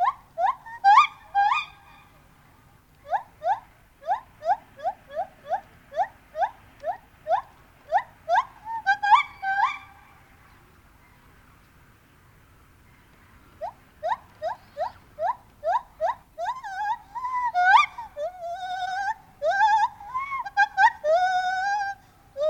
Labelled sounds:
Lar Gibbon

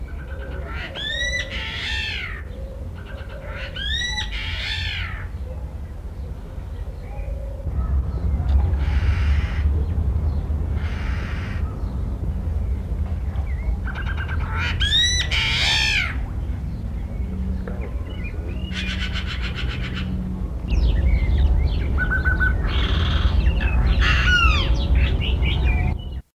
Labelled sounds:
Common Green Magpie call

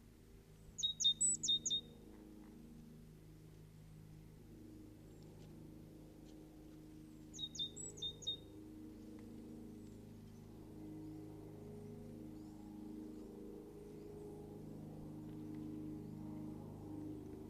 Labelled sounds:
Great Tit call

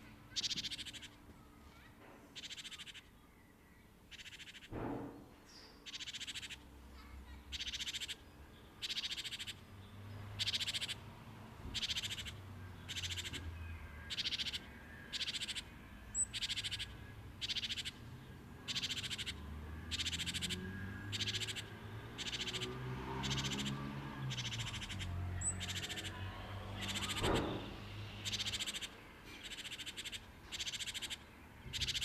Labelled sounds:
Great Tit call

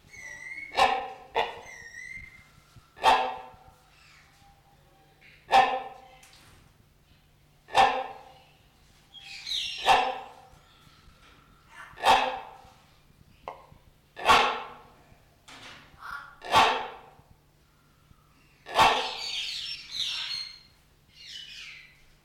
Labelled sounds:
Great Hornbill call

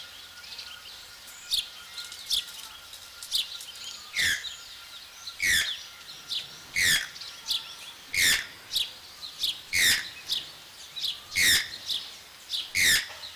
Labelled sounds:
Channel-billed Toucan call

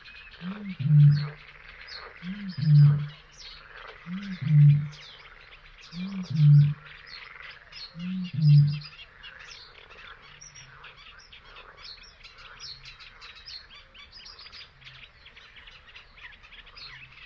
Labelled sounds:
Great Bittern

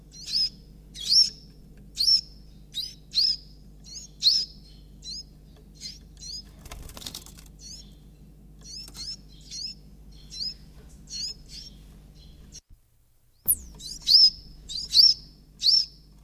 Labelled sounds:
Iberian Chiffchaff call

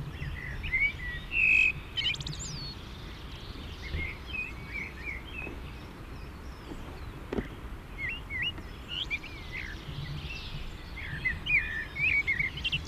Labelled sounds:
Common Blackbird song

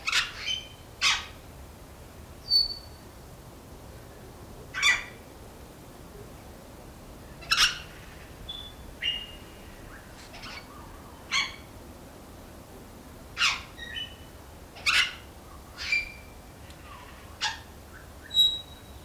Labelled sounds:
Major Mitchell's Cockatoo call

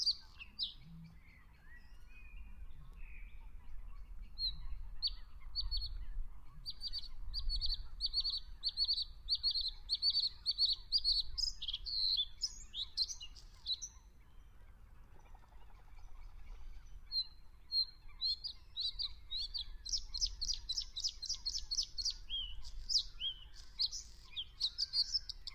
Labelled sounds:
Bluethroat song

